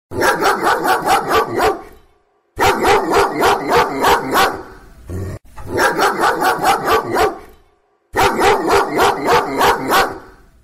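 Dog barking in four bursts of several quick, sharp barks, with short gaps between them.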